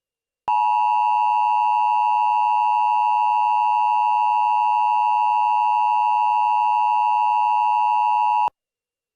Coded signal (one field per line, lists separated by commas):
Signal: Emergency Alert System (SAME) tones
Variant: 853 and 960 Hz attention tone